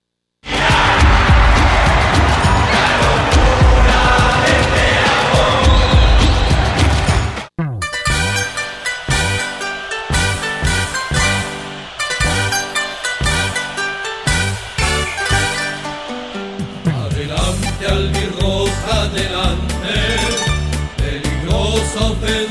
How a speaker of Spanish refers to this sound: Pero vamos a escuchar entonces otra música de aliento a la selección paraguaya.